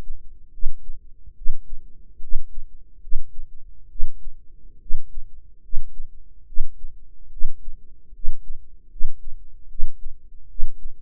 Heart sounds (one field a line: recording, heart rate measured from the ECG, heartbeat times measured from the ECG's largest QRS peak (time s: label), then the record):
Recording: heart sounds by microphone in the right ear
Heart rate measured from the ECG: 72 bpm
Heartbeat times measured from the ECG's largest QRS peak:
0.49 s: heartbeat
1.32 s: heartbeat
2.17 s: heartbeat
2.98 s: heartbeat
3.86 s: heartbeat
4.76 s: heartbeat
5.59 s: heartbeat
6.43 s: heartbeat
7.27 s: heartbeat
8.10 s: heartbeat
8.87 s: heartbeat
9.66 s: heartbeat
10.45 s: heartbeat
From the record:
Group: healthy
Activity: rest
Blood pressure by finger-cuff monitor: 115/69 mmHg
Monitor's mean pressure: 85 mmHg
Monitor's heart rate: 73 bpm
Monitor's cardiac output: 6.9 L/min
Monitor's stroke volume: 97 mL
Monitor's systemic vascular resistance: 900 dyn s/cm5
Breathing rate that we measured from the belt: 21 breaths a minute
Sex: female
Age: 23 years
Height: 160 cm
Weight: 50.4 kg